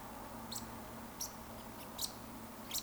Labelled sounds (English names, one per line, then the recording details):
Eurasian Woodcock
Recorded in Baden-Württemberg, Germany, on 16 June 2020 at 20:34 UTC
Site 14569, 102 m above sea level